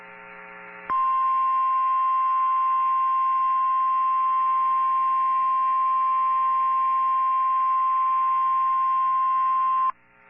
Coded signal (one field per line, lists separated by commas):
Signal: Emergency Alert System (SAME) tones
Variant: 1050 Hz attention tone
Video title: 3/18/22 - Severe Thunderstorm Warning for SE Mississippi on KEC61 (EAS #391)